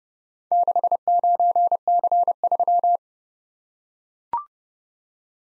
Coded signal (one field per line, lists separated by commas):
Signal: Morse code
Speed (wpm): 29 wpm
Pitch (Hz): 700 Hz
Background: none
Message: 69C3